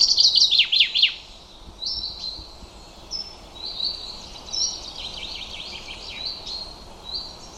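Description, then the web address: Bird chirping: a loud burst of rapid, downward-sweeping chirps opens, followed by quieter scattered high notes. "Bird Only"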